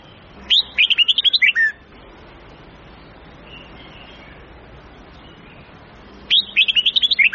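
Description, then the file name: Red-whiskered bulbul song: two bursts of many chirpy, warbling whistles, each a second or more long, separated by several seconds of quiet hiss. Huế-style bulbul song, long phrases of 9 to 12 notes, with the phrases varied continuously. "tieng-chao-mao-hue-so-giong-dai-am-9-10-11-12-dao-giong-lien-tuc"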